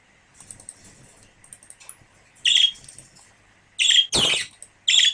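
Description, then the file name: Budgerigar sounds: faint twittering at first, then loud, sharp squawks from the middle to the end. A pair of budgerigars. "suara-pasangan-parkit -omkicau"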